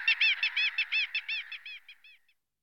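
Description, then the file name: Little gull giving a rapid run of nasal notes that fade away after about two seconds, then silence. "Racek maly Larus minutus"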